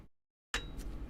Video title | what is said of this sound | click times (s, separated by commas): Liney returns twice per year to be live on the web and show you some things | that's the click | 0.5 s